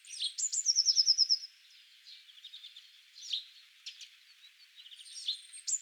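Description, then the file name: Eurasian blue tit song: high piping notes leading into a quick bright trill, then softer calls, with the song starting again at the end. "Cyanistes caeruleus"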